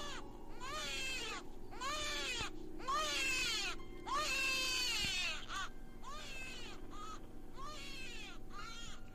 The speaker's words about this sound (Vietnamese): Ngay lúc này thì tiếng đứa trẻ sơ sinh vang lên đến chói tai.